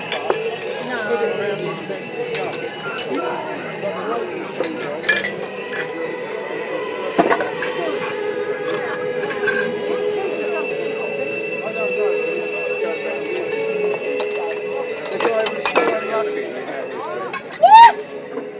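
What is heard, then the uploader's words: A busy flea market on Sclater Street in East London, with overlapping voices chattering steadily throughout. Occasional clinks and knocks of glass or objects pop up, a sharp one near seven seconds, and a louder burst arrives just before the end. Sounds from Sclater Street, East London, Fleakmarket. Sclater Street Market.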